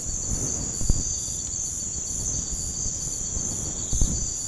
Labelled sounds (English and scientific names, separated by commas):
none